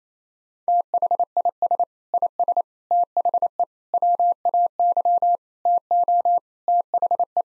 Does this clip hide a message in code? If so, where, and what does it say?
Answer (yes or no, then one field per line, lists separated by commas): yes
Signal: Morse code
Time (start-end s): 0.7-7.4 s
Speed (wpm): 28 wpm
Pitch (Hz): 700 Hz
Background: none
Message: THIS IS THE WAY TO THE